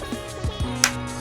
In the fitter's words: yon nag-snap na rin.